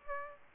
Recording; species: mosquito wingbeat signal from an infrared sensor; Aedes aegypti